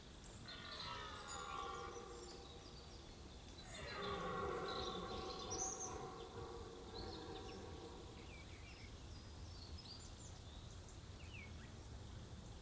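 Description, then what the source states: Red deer bellowing: two long, harsh, deep roars rich in harmonics, each lasting a few seconds, with faint bird chirps in the background. Stag's rutting bellow, called brame in French, during the rut.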